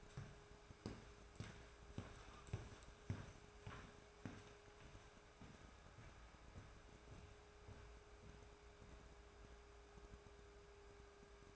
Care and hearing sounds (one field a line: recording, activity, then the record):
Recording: daily activity, microphone in the room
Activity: walk to room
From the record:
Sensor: 2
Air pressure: 1010.2 hPa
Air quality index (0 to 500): 160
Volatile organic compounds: 7 ppm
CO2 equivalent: 2018 ppm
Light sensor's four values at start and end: 42/101/46/53 and 43/103/46/54